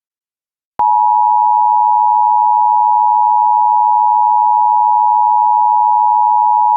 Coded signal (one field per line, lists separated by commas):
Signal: Emergency Alert System (SAME) tones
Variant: 853 and 960 Hz attention tone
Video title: EAS Child Abduction Emergency (AMBER Alert) Tampa, Florida Regional Alert